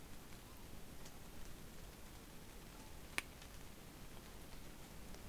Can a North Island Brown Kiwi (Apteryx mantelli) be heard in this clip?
no